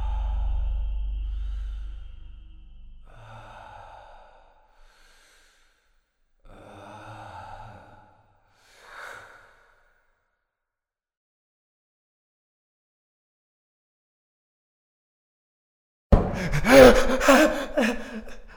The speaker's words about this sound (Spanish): Oigo mi respiración acelerada.